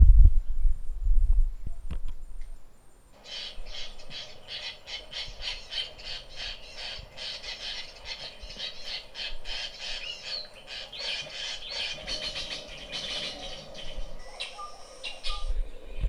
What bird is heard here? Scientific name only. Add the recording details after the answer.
Dryoscopus gambensis. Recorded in northern Uganda